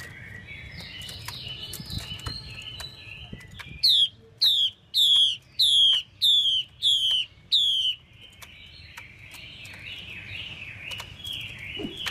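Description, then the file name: Chinese hwamei warbling softly, then a burst of loud, downward-sliding whistles at an even pace, before returning to a looping melodic warble. Female hwamei calls used to stimulate a male. "Tieng chim hoa mi mai kich trong"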